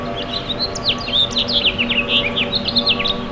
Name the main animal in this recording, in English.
House Finch